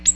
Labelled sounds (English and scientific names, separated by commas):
Ovenbird (Seiurus aurocapilla) flight call